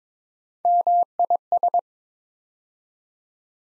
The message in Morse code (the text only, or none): MIS